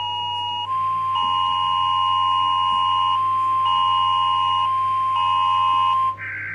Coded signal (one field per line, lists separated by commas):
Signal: Emergency Alert System (SAME) tones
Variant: 1050 Hz attention tone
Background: music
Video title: Rating EAS Alarms Part 10: More alarms